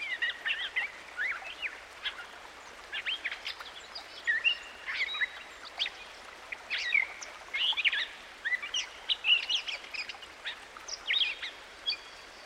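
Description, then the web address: Gray catbird song: a long jumble of varied squeaky, scratchy and slurred phrases, each different, given in quick bursts with short pauses between them. Recorded by a stream. "Dan Gibson Songbirds By The Stream. Gray Catbird"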